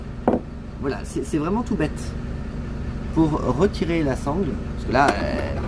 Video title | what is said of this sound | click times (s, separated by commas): FCC Starter LE - présentation et fonctionnement | Vous voyez? Et en fait, ça va se clipser dedans. | 0.3 s